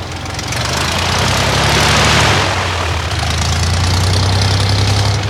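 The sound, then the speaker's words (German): A small mail airplane, which brings the post to a remote place far from the nearest town, drones steadily with a low, throbbing hum as it arrives, its rushing noise swelling to a peak partway through before settling into a constant, loud rumble. No voices. “Ich warte nur kurz auf das Postflugzeug.”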